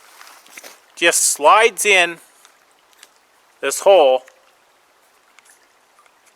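A ferro rod fire starter is slid into its hole on a knife sheath holder, to be twisted afterward so it locks in place. Someone talks over faint scraping and handling ticks against quiet outdoor background. Nothing has seated or clicked yet.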